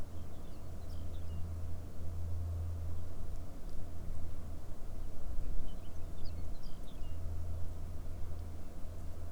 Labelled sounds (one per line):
songbird